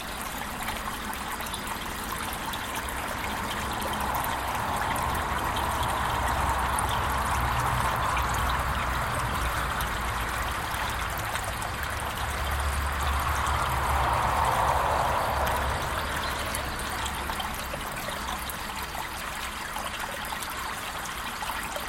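Mauko Creek babbles steadily, a dense, continuous rush of water centered in the midrange. The flow swells twice, around five to eight seconds and again near fourteen seconds, while a low rumble hums faintly underneath throughout.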